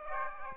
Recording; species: mosquito wingbeat signal from an infrared sensor; Aedes aegypti